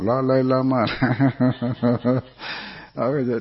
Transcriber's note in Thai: หัวเราะ